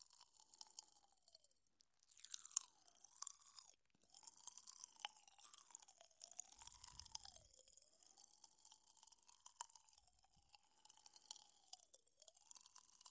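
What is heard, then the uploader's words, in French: Popping candy crackles in a dense, bright fizz of tiny snaps that runs almost continuously, briefly dropping out just before the two- and four-second marks. A soft, wavering mid-pitched whine rises and falls beneath it, and low muffled bumps come around seven and ten seconds. Une petite séance de relaxation ASMR avec les crépitements du sucre pétillant.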